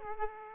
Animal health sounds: mosquito wingbeat signal from an infrared sensor; Aedes aegypti

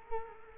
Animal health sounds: mosquito wingbeat signal from an infrared sensor; Culex quinquefasciatus

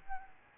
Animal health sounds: mosquito wingbeat signal from an infrared sensor; Aedes albopictus

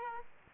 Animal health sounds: mosquito wingbeat signal from an infrared sensor; Aedes aegypti

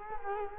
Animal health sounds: mosquito wingbeat signal from an infrared sensor; Culex quinquefasciatus

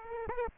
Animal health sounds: mosquito wingbeat signal from an infrared sensor; Aedes aegypti

